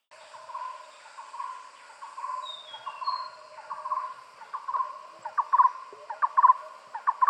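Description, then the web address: Barbet call: a low, hollow note run into a steady series, then breaking into quick double and triple notes repeated about once a second. "animal-sound barbet-sound"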